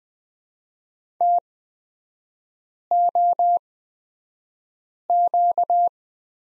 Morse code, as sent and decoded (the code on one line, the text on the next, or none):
- --- --.-
TOQ